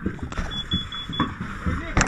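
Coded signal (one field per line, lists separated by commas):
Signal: none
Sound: vehicle warning beeps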